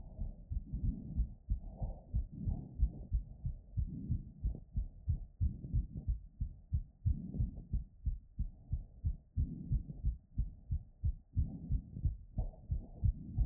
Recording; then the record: heart sounds by stethoscope after running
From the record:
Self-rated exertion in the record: very hard exertion (5 of 6); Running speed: 7 mph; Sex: male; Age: 21 years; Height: 168 cm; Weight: 61 kg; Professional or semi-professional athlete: no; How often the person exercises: under once a week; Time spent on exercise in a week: 1 to 2 hours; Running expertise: yes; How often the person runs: under once a week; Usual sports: running, hiking, soccer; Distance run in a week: 0 km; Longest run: 10 km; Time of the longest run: 50 minutes